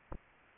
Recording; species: mosquito wingbeat signal from an infrared sensor; Anopheles gambiae